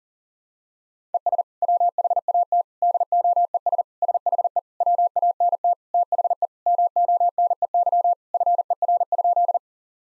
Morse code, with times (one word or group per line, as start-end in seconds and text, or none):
1.1-1.4 ES
1.6-2.6 WHAT
2.8-3.8 DOES
4.0-4.6 SHE
4.8-5.7 WANT
5.9-6.5 THE
6.7-8.1 MONEY
8.3-9.6 FER?